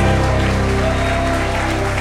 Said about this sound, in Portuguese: Aplauda, aplauda ele!